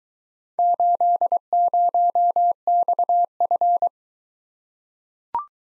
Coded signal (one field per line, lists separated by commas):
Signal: Morse code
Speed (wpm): 20 wpm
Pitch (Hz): 700 Hz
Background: none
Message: 80XF